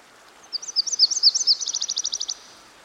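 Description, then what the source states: Myrtle warbler song: several high, slurred notes that break into a rapid, even trill of about ten notes. By a stream.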